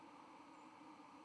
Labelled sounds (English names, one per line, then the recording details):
White-throated Sparrow flight call
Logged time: 09:30 on 31 October 2014